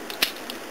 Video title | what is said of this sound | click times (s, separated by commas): Chinese review #295 變形金剛玩具介紹之TF Generation Darkmount P1 | 卡到这个地方 ，Hello，OK。卡进去之后呢，我们就把这两片这个装甲以及履带的部位呢移到手臂的后面去 | 0.2 s